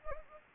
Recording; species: mosquito wingbeat signal from an infrared sensor; Anopheles arabiensis